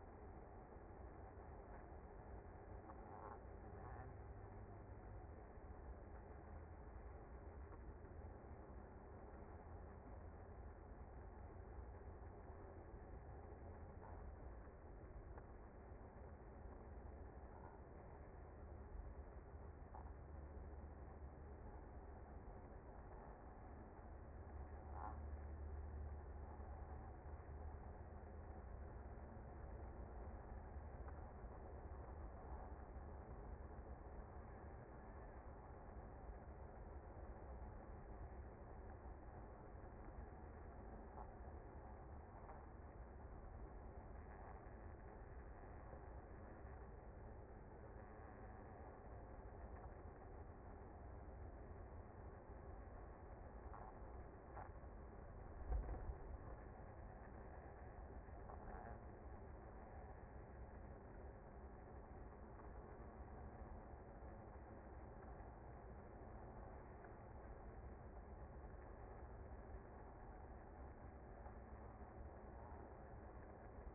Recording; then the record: honeybee colony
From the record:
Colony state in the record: active